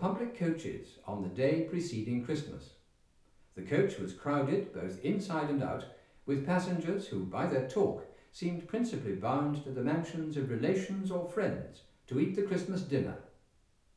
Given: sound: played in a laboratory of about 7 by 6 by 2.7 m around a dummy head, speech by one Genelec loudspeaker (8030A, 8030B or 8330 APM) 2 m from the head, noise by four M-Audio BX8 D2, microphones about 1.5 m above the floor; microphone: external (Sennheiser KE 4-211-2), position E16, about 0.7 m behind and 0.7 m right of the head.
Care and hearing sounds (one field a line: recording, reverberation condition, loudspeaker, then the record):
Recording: male speech in English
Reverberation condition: medium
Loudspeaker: 120 degrees to the left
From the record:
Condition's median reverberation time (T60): about 510 ms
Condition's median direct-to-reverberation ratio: about -0.5 dB